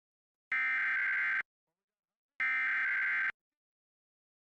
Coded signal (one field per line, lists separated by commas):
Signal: Emergency Alert System (SAME) tones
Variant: header bursts